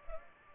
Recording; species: mosquito wingbeat signal from an infrared sensor; Culex pipiens